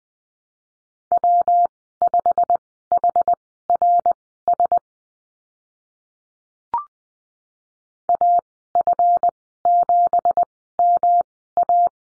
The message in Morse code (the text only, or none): W5HRS AF7MA